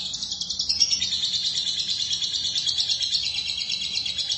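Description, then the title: Lovebird trilling, a fast, high, scratchy chatter running continuously. "BM Suara Burung Lovebird"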